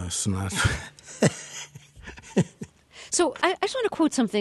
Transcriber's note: soundbite of laughter